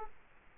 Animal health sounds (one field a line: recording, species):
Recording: mosquito wingbeat signal from an infrared sensor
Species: Culex quinquefasciatus